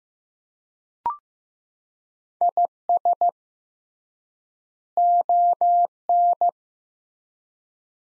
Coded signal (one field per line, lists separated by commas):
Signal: Morse code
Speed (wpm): 15 wpm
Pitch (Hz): 700 Hz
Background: none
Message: IS ON